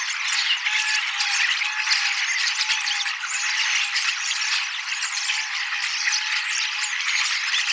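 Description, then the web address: Common starlings keep up a crowded chattering warble of clicks, squeaks and thin whistles, with a faint steady tone running underneath. Recorded 18 October 2024; the recordist believes these are young starlings practising their song, singing and imitating several species a little. "paivat 18 10 2024 kasittaakseni kottaraisnuoret laulavat lauluharjoittelevat useita lajeja matkivat hiukan"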